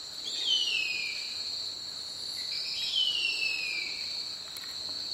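Bird whistles slide down from high to lower pitch twice, over a constant high, shrill insect-like drone.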